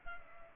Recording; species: mosquito wingbeat signal from an infrared sensor; Culex pipiens